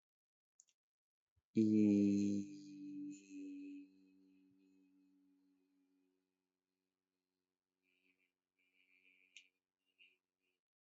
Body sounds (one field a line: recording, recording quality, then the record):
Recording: sustained vowel as in beet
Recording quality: excellent, no background noise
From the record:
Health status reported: healthy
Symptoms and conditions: none ticked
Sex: male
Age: 34 years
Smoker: not ticked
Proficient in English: yes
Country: India